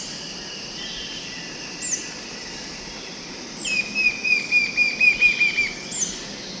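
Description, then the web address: Lineated woodcreeper song, a rapid even series of about ten thin whistled notes dropping slightly in pitch, preceded by a single high note and a faint hiss. Song from the eastern lowlands of South America. "Natures Songs S America Eastern Lowlands. Lepidocolaptes albolineatus"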